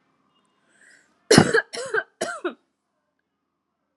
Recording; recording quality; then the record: heavy voluntary cough; excellent, no background noise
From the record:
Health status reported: exposed to COVID-19, no respiratory illness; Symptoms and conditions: none ticked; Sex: female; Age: 38 years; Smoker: not ticked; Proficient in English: yes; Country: India